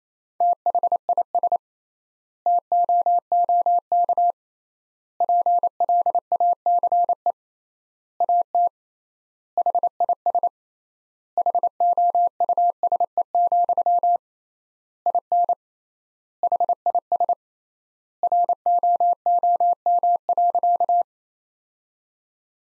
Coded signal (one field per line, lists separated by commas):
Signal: Morse code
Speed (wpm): 28 wpm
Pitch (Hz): 700 Hz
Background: none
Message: THIS TOOK PLACE AT HIS HOUSE, IN HIS ROOM.